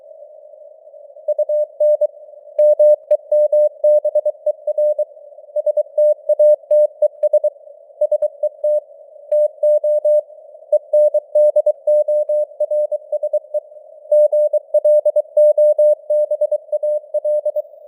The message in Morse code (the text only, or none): UN MEMBER STATES SET TO ENDORSE GLOBAL